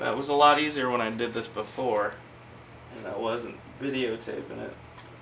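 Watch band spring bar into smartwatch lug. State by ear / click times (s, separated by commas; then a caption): not seated / none. A spring-loaded bar on a stainless steel Pebble Steel watch band is being pressed down toward the lug hole of a Moto 360 smartwatch case while someone talks over a faint steady hum. Nothing has seated or clicked yet.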